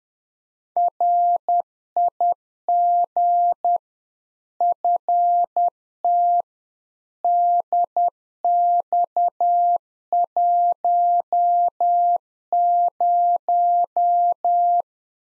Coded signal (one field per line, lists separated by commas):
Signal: Morse code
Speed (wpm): 10 wpm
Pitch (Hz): 700 Hz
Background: none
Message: RIG FT DX10